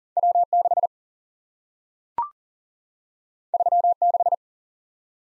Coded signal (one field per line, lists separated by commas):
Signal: Morse code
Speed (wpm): 40 wpm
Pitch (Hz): 700 Hz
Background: none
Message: W 6 3 6